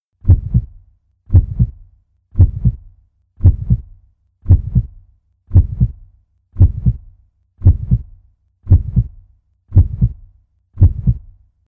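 Eleven steady lub-dub heartbeats from a healthy adult heart at about 57 beats a minute, each pair of low thumps evenly spaced with quiet pauses between. A regular, healthy heart rhythm with no added sounds.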